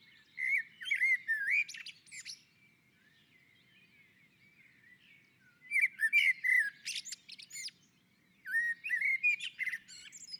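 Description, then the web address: Common blackbird song: three spaced phrases, each opening with low fluted warbling and ending in a burst of high, squeaky twittering. On a roof. "Naturinspelningar Koltrast på taket"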